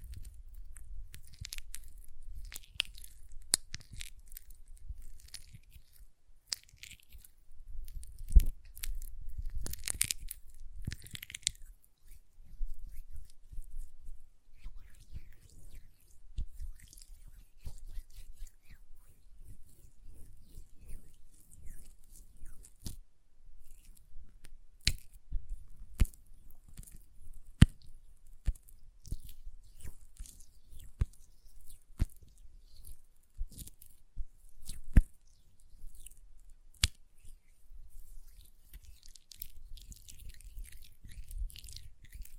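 Hand sounds with nail tapping and lotion, made up of quick, sharp clicks and soft crackly rubbing, much like crunching. The taps come irregularly throughout, with denser bursts around 8 to 12 seconds and sharp isolated clicks near 25, 28 and 35 seconds, over a low rumble.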